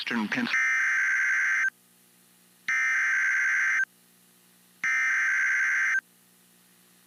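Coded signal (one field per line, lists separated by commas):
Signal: Emergency Alert System (SAME) tones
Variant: header bursts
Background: speech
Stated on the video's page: Severe Thunderstorm Warning received from a NOAA Weather Radio station in Pittsburgh, Pennsylvania.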